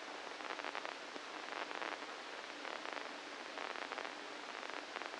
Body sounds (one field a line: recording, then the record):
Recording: brain microelectrode recording played as sound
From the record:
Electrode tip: inside the subthalamic nucleus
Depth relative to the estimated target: -2 mm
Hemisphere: right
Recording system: NeuroSet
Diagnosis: Parkinson's disease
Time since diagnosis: 8 years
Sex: male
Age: 65 years